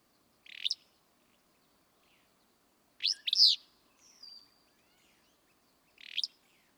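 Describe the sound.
Willow flycatcher singing: three abrupt, rasping song bursts about three seconds apart, with a faint whistled note in between.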